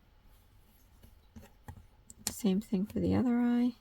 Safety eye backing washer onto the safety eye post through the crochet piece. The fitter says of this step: um towards the eye. And you're going to hear a click or two.